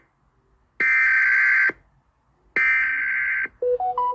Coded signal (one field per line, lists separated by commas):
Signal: Emergency Alert System (SAME) tones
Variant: header bursts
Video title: Guam 🇬🇺 eas Oct 3 6 2015